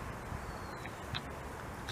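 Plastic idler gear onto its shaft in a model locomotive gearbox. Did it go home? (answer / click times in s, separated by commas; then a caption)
yes / 1.2 s. A replacement plastic idler gear is pressed back onto its stub shaft in the frame of a garden-scale LGB Mogul model locomotive, a snug fit that needs a little press. Over a steady low background hiss, a few faint taps lead to one sharp snap at 1.2 s as the gear seats on its shaft.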